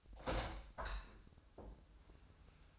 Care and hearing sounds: daily activity, microphone in the room; open window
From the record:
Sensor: 2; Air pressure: 1004.5 hPa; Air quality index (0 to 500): 98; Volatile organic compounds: 2 ppm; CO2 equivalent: 1176 ppm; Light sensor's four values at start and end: 6/14/5/5 and 6/14/5/6

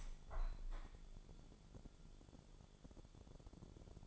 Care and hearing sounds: daily activity, microphone in the room; open window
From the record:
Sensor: 5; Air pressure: 1015.0 hPa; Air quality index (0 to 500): 97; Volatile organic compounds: 2 ppm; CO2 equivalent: 1041 ppm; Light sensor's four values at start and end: 35/80/32/31 and 35/80/32/31

